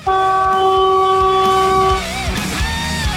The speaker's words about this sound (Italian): Oh, senti, il camion.